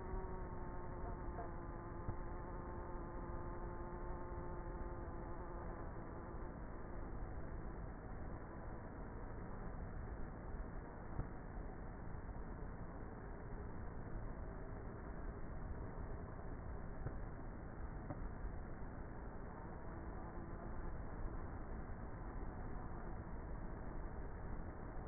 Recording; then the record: honeybee colony, microphone inside the hive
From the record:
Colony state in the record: queenless with a low population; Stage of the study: before two queens were removed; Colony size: about 30,000 bees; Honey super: no